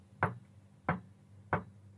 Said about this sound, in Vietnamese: Thế nhưng kỳ quái rằng, chỉ khi vừa mới quay người đi được vài bước chân, thì bên ngoài, cánh cửa kia lại tiếp tục vang lên những tiếng gõ.